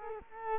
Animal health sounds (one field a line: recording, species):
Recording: mosquito wingbeat signal from an infrared sensor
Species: Culex quinquefasciatus